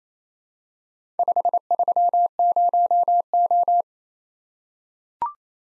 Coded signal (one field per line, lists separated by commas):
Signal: Morse code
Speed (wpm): 28 wpm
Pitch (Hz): 700 Hz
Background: none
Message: 530O